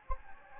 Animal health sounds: mosquito wingbeat signal from an infrared sensor; Anopheles gambiae

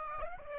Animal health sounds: mosquito wingbeat signal from an infrared sensor; Aedes aegypti

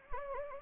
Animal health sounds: mosquito wingbeat signal from an infrared sensor; Anopheles gambiae

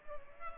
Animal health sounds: mosquito wingbeat signal from an infrared sensor; Culex pipiens

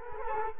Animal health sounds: mosquito wingbeat signal from an infrared sensor; Culex quinquefasciatus

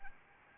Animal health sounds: mosquito wingbeat signal from an infrared sensor; Anopheles arabiensis

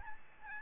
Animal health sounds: mosquito wingbeat signal from an infrared sensor; Aedes albopictus

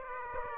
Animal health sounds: mosquito wingbeat signal from an infrared sensor; Aedes aegypti

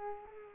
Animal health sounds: mosquito wingbeat signal from an infrared sensor; Culex pipiens

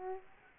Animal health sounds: mosquito wingbeat signal from an infrared sensor; Aedes aegypti

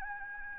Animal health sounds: mosquito wingbeat signal from an infrared sensor; Anopheles gambiae

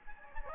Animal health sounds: mosquito wingbeat signal from an infrared sensor; Anopheles gambiae

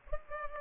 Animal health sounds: mosquito wingbeat signal from an infrared sensor; Culex pipiens

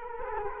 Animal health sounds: mosquito wingbeat signal from an infrared sensor; Culex quinquefasciatus

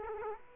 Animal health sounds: mosquito wingbeat signal from an infrared sensor; Aedes aegypti

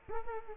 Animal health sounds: mosquito wingbeat signal from an infrared sensor; Culex quinquefasciatus

